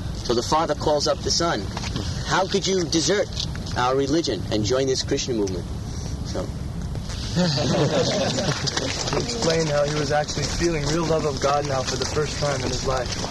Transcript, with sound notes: So the father calls up the son, "How could you desert our religion and join this Kṛṣṇa movement?" So... [laughter]
He explained how he was actually feeling real love of God now for the first time in his life.